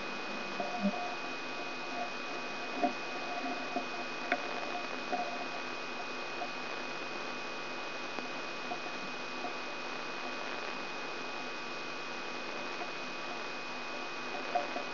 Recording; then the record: brain microelectrode recording played as sound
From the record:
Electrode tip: outside the subthalamic nucleus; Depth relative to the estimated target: -8 mm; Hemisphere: right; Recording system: AlphaMap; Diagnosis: Parkinson's disease